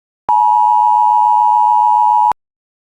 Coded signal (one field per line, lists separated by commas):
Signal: Emergency Alert System (SAME) tones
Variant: 853 and 960 Hz attention tone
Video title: 15x header on WJON (EAS #211-225)